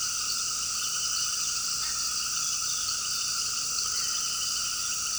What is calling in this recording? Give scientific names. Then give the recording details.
none. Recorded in pastures near Puerto Asís, Putumayo, Colombia, on 18 February 2024 at 18:30. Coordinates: 0.466, -76.323. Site G6384